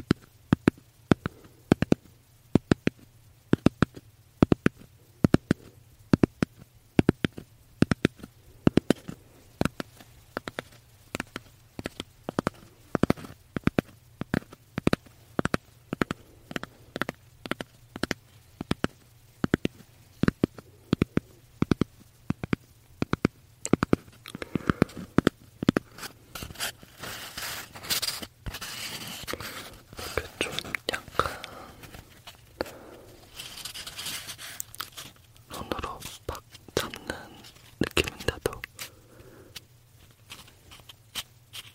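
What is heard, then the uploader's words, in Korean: Crisp tapping in a steady rhythm for the first half, then denser, softer scratchy taps over a low constant hum. 편안한 탭핑.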